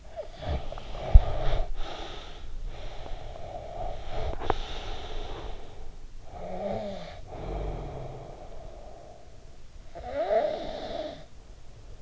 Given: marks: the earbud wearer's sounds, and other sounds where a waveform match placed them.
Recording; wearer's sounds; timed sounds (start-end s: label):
sounds in sleep by an in-ear microphone; breath, snoring breath
0.00-9.71 s: breath
9.71-12.02 s: snoring breath